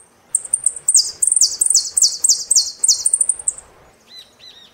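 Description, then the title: Saffron finch song: a fast, loud string of high downslurred notes for about three seconds, followed by a few softer, lower arched notes. "Jilguero Argentino"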